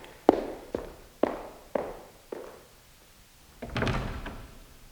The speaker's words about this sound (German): Er hat nicht mal die Tür geknallt.